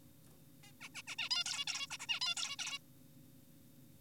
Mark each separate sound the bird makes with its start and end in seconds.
0.64-0.72, 0.81-0.89, 0.95-1.02, 1.08-1.16, 1.18-1.29, 1.31-1.44, 1.46-1.65, 1.68-1.87, 1.90-1.98, 2.00-2.06, 2.09-2.20, 2.22-2.35, 2.37-2.56, 2.59-2.78